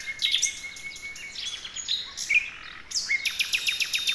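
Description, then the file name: Common nightingale song with a steady thin whistle, then clicking rapid notes and slurred phrases, ending in a quick repeated high trill. "Luscinia megarhynchos"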